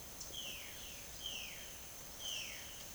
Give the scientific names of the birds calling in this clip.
Cyanocorax violaceus